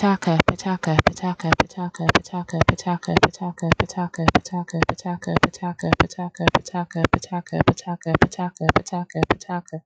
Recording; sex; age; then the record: repeated syllables /pa ta ka/; female; 30 to 39 years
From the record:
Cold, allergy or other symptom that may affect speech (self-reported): no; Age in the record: 37 years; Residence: New York, United States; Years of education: 16